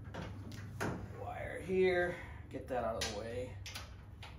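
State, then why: Not seated. On a 1971 Monte Carlo SS454, a wiring harness end is pushed by hand into one of four snap-in mounting provisions on the car body, apparently on the radiator support. Someone talks over soft handling and rustling, with brief knocks near 0.5 s and 4.2 s. Nothing has seated or clicked yet.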